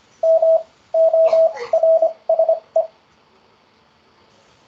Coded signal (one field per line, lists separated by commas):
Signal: Morse code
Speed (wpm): 26 wpm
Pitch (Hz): 650 Hz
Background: radio noise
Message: MORSE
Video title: ZS-CW Morse Code Word Practice 27/7/2023 - Beginner's Corner Hosted by ZS6MSW